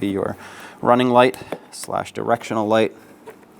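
A plastic running light and turn signal bulb socket is handled near the headlight housing of a 2003-2009 Dodge Ram 2500 HD headlight assembly while someone talks, with a faint handling sound near the end. Nothing has seated or clicked yet.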